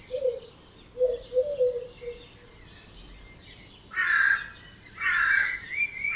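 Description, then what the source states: Birds calling at dawn: a few low hooting notes, then two loud harsh caws, with faint twittering behind. Dawn chorus recorded at 4am in Oberhofen, Inntal, Austria; binaural recording.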